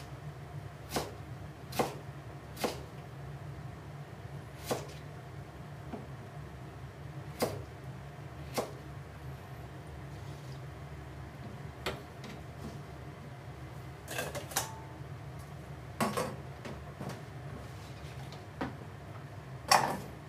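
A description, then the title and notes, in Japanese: Cooking sounds: a steady low hum and murmur run underneath while sharp clicks and clatters break through every second or two, like utensils or cupboard doors. The knocks come irregularly, cluster around fourteen to sixteen seconds, and a louder clack ends the clip. 料理の音。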